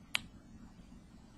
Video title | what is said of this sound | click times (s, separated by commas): zipper bracelet | You'll hear a click, | 0.1 s